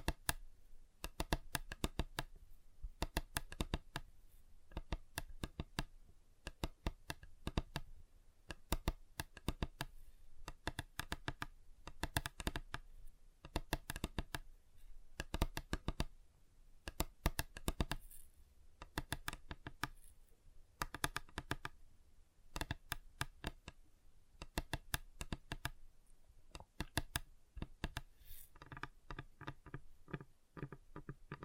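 Fingers tap on a tabletop and other surfaces in quick, uneven bursts, each tap a sharp click with a dull low thump beneath. The taps run nearly without pause for the full half-minute, grouped in fast clusters like typing, with a few brighter scrapes near 18 and 28 seconds.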